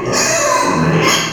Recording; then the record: squeal of a Yucatan mini pig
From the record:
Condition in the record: before surgery on the right vocal fold (resection and tissue-engineered implant); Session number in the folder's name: 2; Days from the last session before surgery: 0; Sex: male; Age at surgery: 12 weeks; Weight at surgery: 13 kg